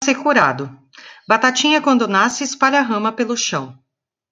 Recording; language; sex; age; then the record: short text; Brazilian Portuguese; female; 40 to 49 years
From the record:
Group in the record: control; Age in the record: 48 years